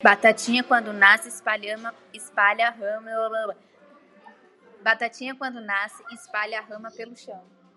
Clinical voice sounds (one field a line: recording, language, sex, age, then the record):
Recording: short text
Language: Brazilian Portuguese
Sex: female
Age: 20 to 29 years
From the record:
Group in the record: control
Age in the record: 23 years